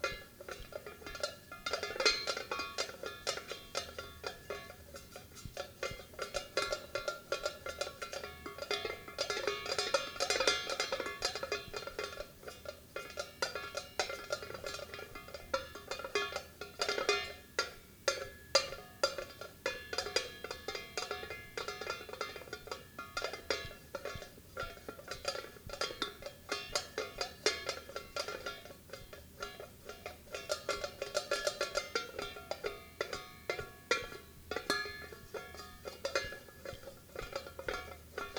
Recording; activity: daily activity, guitar pickup as the sensor; fry